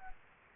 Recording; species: mosquito wingbeat signal from an infrared sensor; Aedes aegypti